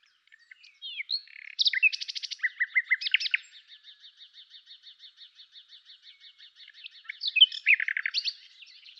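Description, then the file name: Common nightingale song opening with whistled notes and a quick trill, then a long series of softer repeated notes before a loud closing phrase. "Luscinia megarhynchos"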